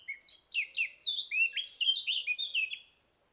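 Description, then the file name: Eurasian blackcap singing a rapid, rich warble of varied chirps and slurred notes, about three seconds long before falling silent. "Sylvia atricapilla"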